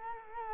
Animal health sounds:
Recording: mosquito wingbeat signal from an infrared sensor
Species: Culex quinquefasciatus

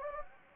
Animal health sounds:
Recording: mosquito wingbeat signal from an infrared sensor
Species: Anopheles gambiae

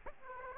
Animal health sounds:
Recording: mosquito wingbeat signal from an infrared sensor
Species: Aedes aegypti

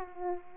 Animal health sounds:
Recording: mosquito wingbeat signal from an infrared sensor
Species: Aedes aegypti

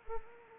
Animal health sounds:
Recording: mosquito wingbeat signal from an infrared sensor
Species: Anopheles arabiensis

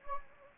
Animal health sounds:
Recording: mosquito wingbeat signal from an infrared sensor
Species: Anopheles gambiae

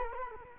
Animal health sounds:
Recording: mosquito wingbeat signal from an infrared sensor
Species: Culex quinquefasciatus

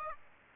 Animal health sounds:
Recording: mosquito wingbeat signal from an infrared sensor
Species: Aedes aegypti

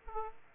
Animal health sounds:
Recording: mosquito wingbeat signal from an infrared sensor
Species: Aedes aegypti

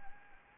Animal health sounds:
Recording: mosquito wingbeat signal from an infrared sensor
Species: Anopheles gambiae

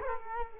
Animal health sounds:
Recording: mosquito wingbeat signal from an infrared sensor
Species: Culex quinquefasciatus

